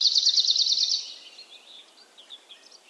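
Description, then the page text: Arctic warbler song: a fast, even trill of rapid identical notes lasting about a second, then faint scattered high chirps. Rare bird, often heard singing in impenetrable forest thickets; the song is an even ringing or trilling sound. "Lapinuunilinnun äänitti Lauri Hallikainen. Kultasointu"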